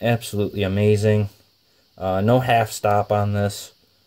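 Someone talks while handling a custom Buck 110 lockback folding knife with G10 handle scales and a blade that has no half stop. The blade is being swung open toward its back lock, but nothing has seated or clicked yet.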